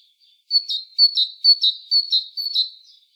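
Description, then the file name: Great tit singing a rapid two-note see-saw phrase, repeated several times in a bright, high, even rhythm with no other sounds. "Parus major"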